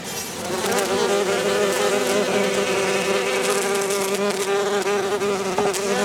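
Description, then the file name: Bees droning in a continuous, even hum after a quieter start, the pitch holding nearly constant with slight wavering. "Bienen"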